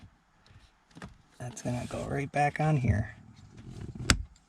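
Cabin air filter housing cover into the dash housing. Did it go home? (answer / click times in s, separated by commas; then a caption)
yes / 4.1 s. Someone talks while the plastic cabin air filter housing cover of a Nissan Rogue is pressed back onto its housing in the dash behind the glovebox, with faint taps and handling sounds early on. A single sharp, loud snap at 4.1 s marks the cover seating into place.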